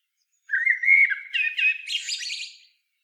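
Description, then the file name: Common blackbird song: a clear fluted whistle running into warbled notes, then a thin, scratchy high twitter closing the phrase. "Turdus merula"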